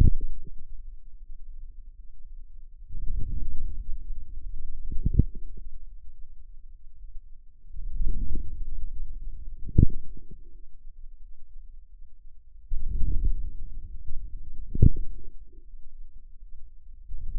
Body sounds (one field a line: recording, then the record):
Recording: forearm muscle sounds (acoustic myography)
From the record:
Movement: outward rotation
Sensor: system 2, bracelet of six BSWA MPA416 microphones around the upper forearm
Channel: 5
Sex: female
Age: 23 years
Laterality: right